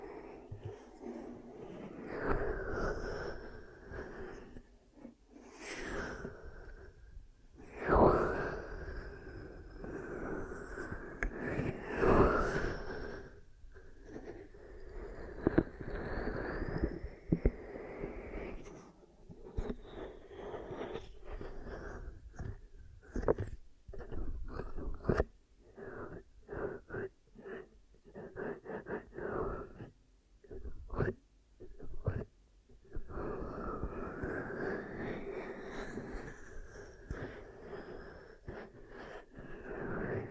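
Ear cupping sounds: hollow, muffled rubbing and soft pressing that swell and fade in uneven waves. The first half is denser, with sharper pops near 8 and 12 seconds, then the sound breaks into choppy bursts separated by brief silences before thickening again near the end.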